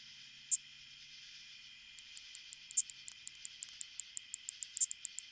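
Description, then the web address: Greater angle-wing katydid song: a single high, dry tick, then after a pause a run of evenly spaced clicks, several per second, over a faint hiss. "The Songs of Insects Greater Angle-wing Katydid"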